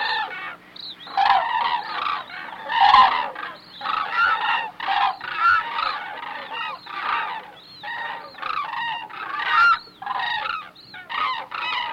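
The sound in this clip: Hooded crane calls, many loud harmonic honking notes overlapping in a continuous chorus, with bursts of calling from several birds at once.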